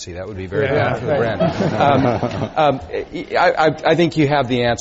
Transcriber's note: laughter